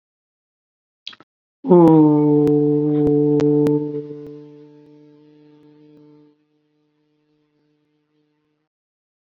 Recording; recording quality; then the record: sustained vowel as in boot; excellent, no background noise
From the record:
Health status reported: COVID-19 positive, mild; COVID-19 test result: positive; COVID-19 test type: RT-PCR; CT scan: not taken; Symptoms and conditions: cold, sore throat, fever, hypertension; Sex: male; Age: 24 years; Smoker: no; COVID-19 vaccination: both doses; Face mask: not worn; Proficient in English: yes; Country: India